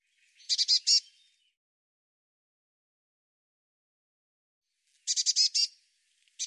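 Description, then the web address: Bird producing quick, high, buzzy chatter in two main bursts several seconds apart, a third starting at the very end; otherwise silent. "cianscape birddata Deverinetal 2025 File cleaned normalized Bird Cy Ca"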